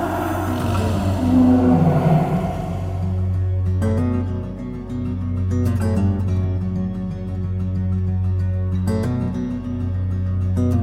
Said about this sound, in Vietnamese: Và cũng là lúc đó, tôi nghe bốn tiếng gầm rất lớn.